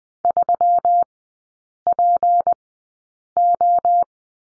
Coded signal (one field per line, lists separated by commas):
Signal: Morse code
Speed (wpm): 20 wpm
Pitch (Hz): 700 Hz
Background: none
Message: 3PO